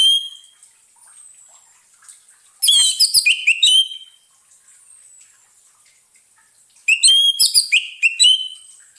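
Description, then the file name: Orange-headed thrush song: two dense bursts of jumbled high whistles and chirps, separated by a quiet pause of about three seconds. Therapy sound for an orange-headed thrush (anis merah) that has stopped singing (macet bunyi). "terapi suara anis merah macet bunyi"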